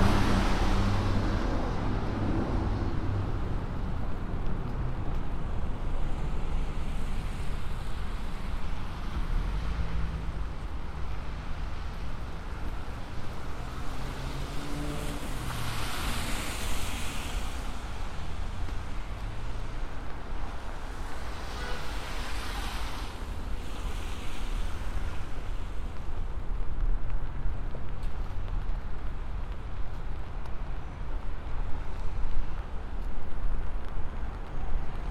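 A binaural recording of city transit: a steady, dense low rumble of vehicles with brief whooshing swells around 16 and 22 seconds.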